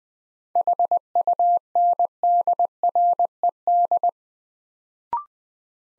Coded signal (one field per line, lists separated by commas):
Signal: Morse code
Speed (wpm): 20 wpm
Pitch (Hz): 700 Hz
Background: none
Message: HUNDRED